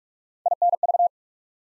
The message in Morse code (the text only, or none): INV